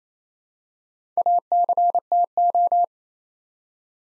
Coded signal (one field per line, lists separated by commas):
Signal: Morse code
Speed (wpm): 28 wpm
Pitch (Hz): 700 Hz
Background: none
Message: ACTO